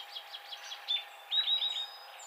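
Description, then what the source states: Song sparrow song: a run of soft quick notes, then louder clear whistled notes. Recorded 28 April 2007.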